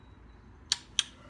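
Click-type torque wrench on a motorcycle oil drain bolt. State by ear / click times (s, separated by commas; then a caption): torque reached / 0.7 s, 1.0 s. A click-type torque wrench fitted with an extension tightens the oil drain bolt on a CB1000R motorcycle, set to about 19-20 lb-ft. After quiet low background noise, two sharp metallic clicks sound at 0.7 s and 1.0 s. The wrench has clicked at its setting, so the bolt is up to torque.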